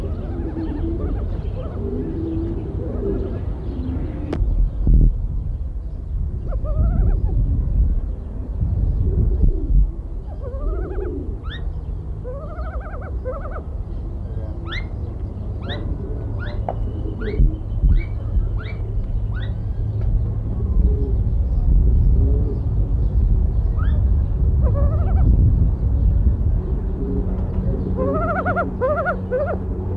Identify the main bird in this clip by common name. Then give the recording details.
Chaco Chachalaca. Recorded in captivity. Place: Zoo Córdoba, AR. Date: 1979-09-26. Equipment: Halbspur, 9,5 cm/s. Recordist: Lütgens, Hans